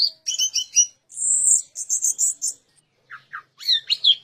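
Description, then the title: Orange-headed thrush giving a short run of repeated chirps, a sustained high note, more high notes, then a few lower slurred notes. "Anis Merah"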